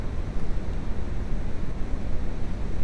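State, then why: Not seated. A new ignition wire boot is pushed onto a spark plug terminal, but only steady low, rumbling, wind-like noise is heard, with no sharp sounds. Nothing has seated or clicked: the terminal pin has come out of the boot, and the wire has to be pulled back out.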